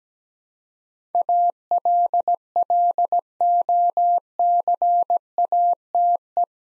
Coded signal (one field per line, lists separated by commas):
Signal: Morse code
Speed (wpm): 17 wpm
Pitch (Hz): 700 Hz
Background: none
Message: ALLOCATE